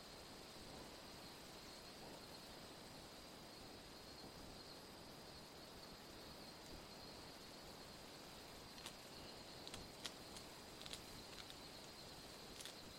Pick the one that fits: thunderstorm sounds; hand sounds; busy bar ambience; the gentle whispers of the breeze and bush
the gentle whispers of the breeze and bush